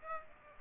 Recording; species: mosquito wingbeat signal from an infrared sensor; Aedes aegypti